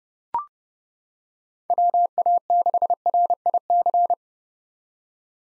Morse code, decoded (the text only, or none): WA6RIC